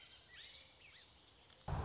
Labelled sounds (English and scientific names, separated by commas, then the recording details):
Song Sparrow (Melospiza melodia)
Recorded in Sonoma County, California